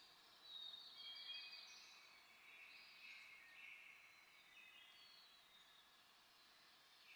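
Black-throated blue warbler song, faint high notes in a loose series.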